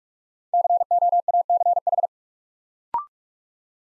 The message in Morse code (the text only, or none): COACH